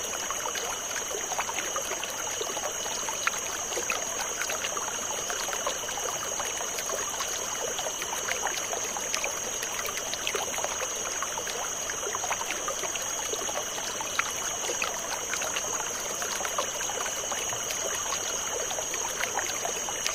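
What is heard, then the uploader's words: A gentle stream babbles steadily with quick trickling clicks, while crickets chirp in a continuous high, even drone throughout. Babbling Brook & Cricket Soundscape. A gentle stream of water and a soothing chorus of crickets chirping.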